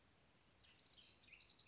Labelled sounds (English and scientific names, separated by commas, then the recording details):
House Wren (Troglodytes aedon)
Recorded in Sonoma County, California